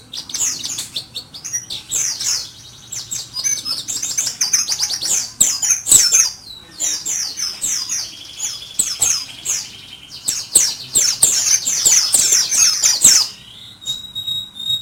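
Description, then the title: White-eye song: fast, high, tumbling twitters in long excited phrases, ending in a brief thin note after a short pause. Pleci (white-eye) named or owned as Mr. Kebo; Malang, East Java, Indonesia. "Pleci Mr. Kebo Malang - Jawa Timur"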